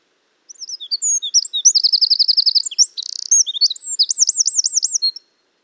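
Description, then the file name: Eurasian wren song, a loud rapid outpouring of high chirps, a fast rattling trill, a buzzy burst and looping warbled notes, about five seconds, clean background. "Troglodytes troglodytes"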